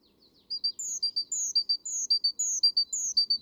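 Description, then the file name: Great tit song: evenly paced phrases of two clipped lower notes and a high sliding whistle, repeated several times, with little other sound. "Parus major"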